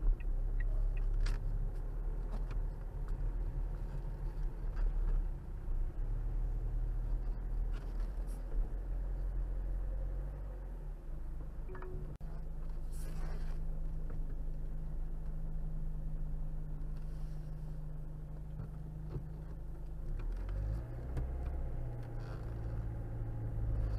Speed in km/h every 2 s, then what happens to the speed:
5, 10, 8, 5, 3, 0, 2, 3, 2, 0, 2, 8.
3-9 slows to 0. 9-20 standing. 20-24 pulls away to 8.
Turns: none.